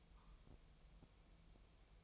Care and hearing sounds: daily activity, microphone in the room; take from stove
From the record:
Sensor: 1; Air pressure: 999.3 hPa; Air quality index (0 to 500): 202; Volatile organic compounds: 43 ppm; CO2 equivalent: 3196 ppm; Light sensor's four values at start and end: 9/22/8/9 and 9/22/8/9

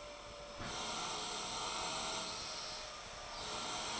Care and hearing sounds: daily activity, microphone in the room; vacuum cleaning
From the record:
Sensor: 5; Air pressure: 1007.8 hPa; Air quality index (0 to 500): 95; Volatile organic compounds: 1 ppm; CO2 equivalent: 748 ppm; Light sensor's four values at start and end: 36/83/34/34 and 36/84/34/35

